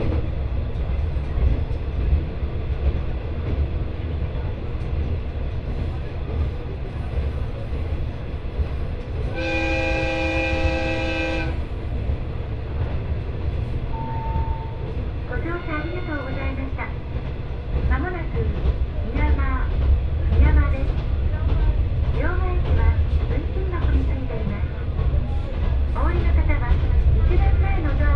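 A ride on the Etsumi-hoku Line train: steady low rumble throughout, a bright chime near ten seconds, then voices talking over the running noise.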